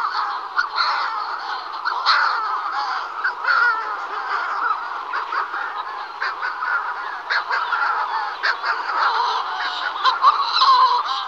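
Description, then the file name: Manx shearwater colony calls, a dense chorus of harsh, crowing and cackling cries overlapping throughout, with sharper clicks and squawks breaking through now and then. "Burnak severni Puffinus puffinus"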